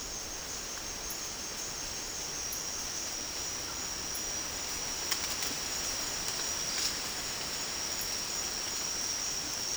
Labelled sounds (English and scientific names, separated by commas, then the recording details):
none
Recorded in dense forest near Puerto Asís, Putumayo, Colombia, on 24 March 2025 at 18:00
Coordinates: 0.503, -76.323
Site GP09